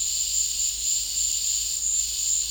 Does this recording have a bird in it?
no